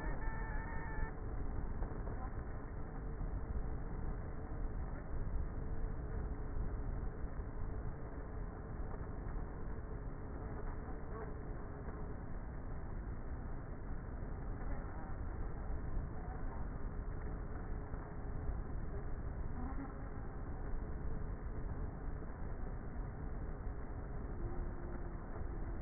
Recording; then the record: honeybee colony, microphone inside the hive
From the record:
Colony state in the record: queenless with a low population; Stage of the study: before two queens were removed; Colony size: about 30,000 bees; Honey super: no